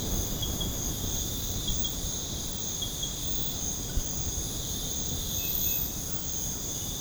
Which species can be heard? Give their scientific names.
none